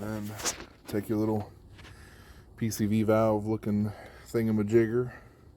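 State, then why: Not seated. Someone talks while handling a small plastic valve-like fitting about to be popped into an engine port during camshaft position sensor replacement on a 2010 Chevrolet Equinox. Only speech and faint handling noise are heard; nothing has seated or clicked yet.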